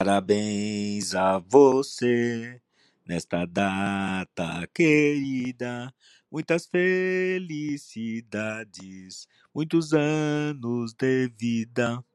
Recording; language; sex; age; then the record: short text; Brazilian Portuguese; male; 60 to 69 years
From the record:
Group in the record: control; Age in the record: 62 years